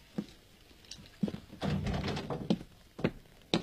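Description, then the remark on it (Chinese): A door is opened amid a series of dull, spaced thuds, with a longer stretch of rattling, scraping noise in the middle; no one speaks. “开门，开门，开门， 开门， 把门打开，开门。”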